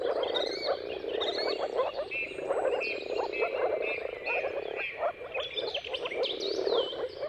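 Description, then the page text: Moor frogs produce a continuous, muffled pulsing chorus, with clear bird whistles ringing out above. Dawn chorus of moor frogs giving mating calls at sunrise, at the turn of March and April, timing depending on the weather. "Jakub-Orzecki moor frogs. Depending on the weather at the turn of March and April, you can witness an amazing spectacle of moor frogs"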